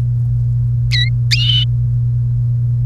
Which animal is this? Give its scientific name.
Serinus canaria